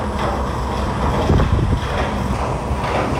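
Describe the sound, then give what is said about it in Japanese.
Outdoor ambience in front of the Hateruma brown sugar factory, which runs 24 hours a day: a steady, dense roar of machinery blended with wind buffeting the microphone, holding a constant loud level throughout with no voices. “ちょうどそうずっとね24時間稼働して黒い煙がもくもく上がって作ってるんですけど、その波照間の黒糖工場の音を撮ってみました。”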